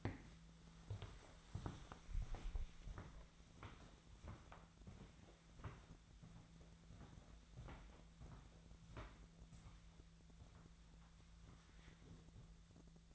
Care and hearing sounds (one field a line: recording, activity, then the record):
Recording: daily activity, microphone in the room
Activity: walk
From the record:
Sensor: 3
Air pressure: 1008.3 hPa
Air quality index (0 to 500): 190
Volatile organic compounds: 14 ppm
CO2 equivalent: 2447 ppm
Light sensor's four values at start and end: 20/48/20/21 and 17/39/17/18